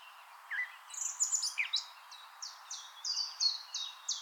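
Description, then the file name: Eurasian blackcap song, fairly quiet: a few scattered chattering notes, then a steady run of repeated bright, slurred whistles over faint background hiss. "Sylvia atricapilla"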